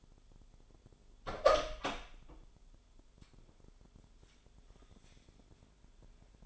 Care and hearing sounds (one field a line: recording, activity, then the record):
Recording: daily activity, microphone in the room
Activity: open door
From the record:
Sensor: 5